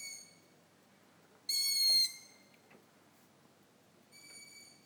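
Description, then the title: Long-eared owl squeaks: a cut-off one at the start, a loud drawn-out squeak, then a softer one a few seconds later, in otherwise quiet surroundings. Heard every evening at Dniprorudne; females give squeaks, while males make sounds resembling laughter or grunting. "Ушастая Сова at Дніпрорудне"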